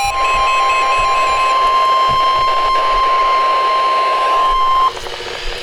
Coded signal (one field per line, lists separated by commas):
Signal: Emergency Alert System (SAME) tones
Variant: 1050 Hz attention tone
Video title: EAS #73 Severe Thunderstorm Warning 6/18/14